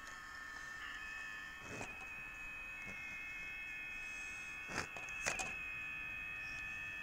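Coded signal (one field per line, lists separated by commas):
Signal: FT8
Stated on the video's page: FT8 on 28 MHz received portable with an Eton G6 Aviator and 40 cm antenna; stations from five continents heard.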